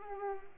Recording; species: mosquito wingbeat signal from an infrared sensor; Culex pipiens